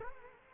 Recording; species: mosquito wingbeat signal from an infrared sensor; Culex quinquefasciatus